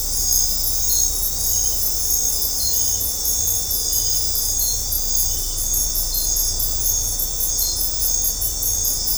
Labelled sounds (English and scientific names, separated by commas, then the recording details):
none
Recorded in dense forest near Puerto Asís, Putumayo, Colombia, on 18 December 2024 at 21:00
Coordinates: 0.503, -76.323
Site G043